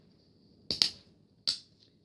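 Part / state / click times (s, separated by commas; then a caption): spring-steel snap frame closing the mouth of a fabric project bag / seated / 0.7 s. A fabric project bag with a spring-steel snap frame, made from cut-up metal tape measure sewn into its top, is snapped shut and clicks closed at 0.7 s. A second sharp click follows at 0.8 s, another at 1.5 s, and a faint tick at 1.8 s, all over a faint, steady high-pitched tone. The bag's opening is shut.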